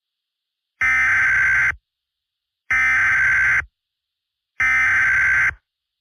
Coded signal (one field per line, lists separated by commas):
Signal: Emergency Alert System (SAME) tones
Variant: header bursts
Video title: EAS Scenario - Shorts Wars Endgame